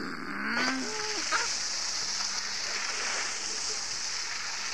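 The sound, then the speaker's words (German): A steady, hissing rush of water spraying from rear-facing street-cleaning nozzles washing a stretch of asphalt runs unbroken for the whole stretch, with a few brief low tonal sounds near the start. “Scotland Yard, Düsen nach hinten. Wasser.”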